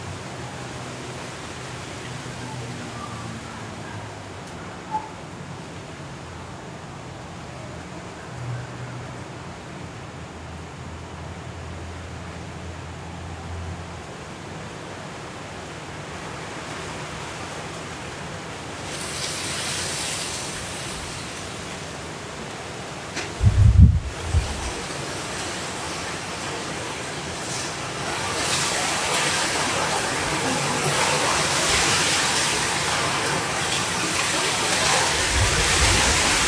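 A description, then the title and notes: Hurricane wind and rain roar steadily over a city at night, a dense hiss that swells from about twenty seconds on and grows brighter and heavier toward the end. A low hum runs through the first half, and a sharp thump lands near twenty-four seconds. Hurricane Kay in Los Cabos at Midnight. The hurricane didn't hit the city, but we recorded the sound of the wind, rain and city.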